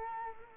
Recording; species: mosquito wingbeat signal from an infrared sensor; Culex quinquefasciatus